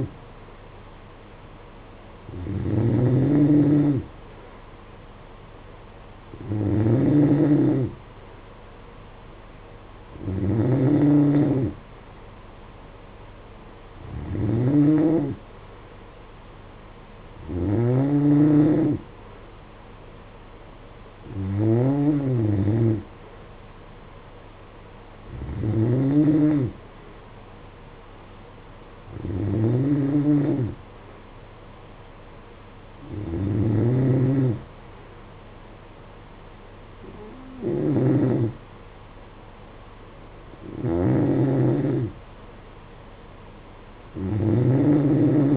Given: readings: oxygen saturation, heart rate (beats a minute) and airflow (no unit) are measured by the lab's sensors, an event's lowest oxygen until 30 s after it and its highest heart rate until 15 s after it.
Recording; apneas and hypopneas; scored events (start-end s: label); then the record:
breathing in sleep by a voice recorder at the bedside; none
none scored
From the record:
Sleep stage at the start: N3 (deep sleep); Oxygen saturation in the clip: 91 to 92%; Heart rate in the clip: 56 to 61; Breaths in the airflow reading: 11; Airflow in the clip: -8.2 to 6.2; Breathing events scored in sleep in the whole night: 476 in 9.7 hours asleep